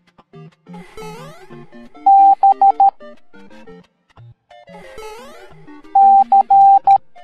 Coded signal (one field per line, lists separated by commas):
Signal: Morse code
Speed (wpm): 13 wpm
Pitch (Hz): 790 Hz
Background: music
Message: B C